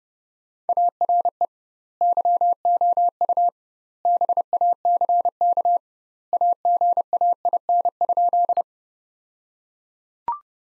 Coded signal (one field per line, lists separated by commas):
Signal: Morse code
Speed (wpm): 30 wpm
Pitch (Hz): 700 Hz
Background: none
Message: ARE YOU BACK AGAIN?